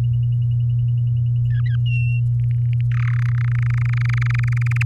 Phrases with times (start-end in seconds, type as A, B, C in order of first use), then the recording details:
1.50-1.76 A, 1.86-2.20 B, 2.39-2.81 C, 2.91-3.17 D, 3.19-4.83 E. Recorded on 8 May 2018 at 14:20. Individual llb16